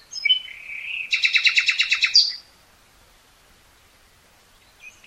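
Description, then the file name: Common nightingale song phrase: a few high whistled slurred notes, then a rapid, loud pulsed trill ending in a sharp upslurred note, followed by quiet. "Luscinia megarhynchos"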